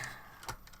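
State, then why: Not seated. A plastic rear right light cluster part is handled against a scale model FDNY Stage 48 truck body as it is refitted after being pushed out by a second part. There is low background hiss with a brief sharp tap around 0.5 s. Nothing has seated or clicked yet.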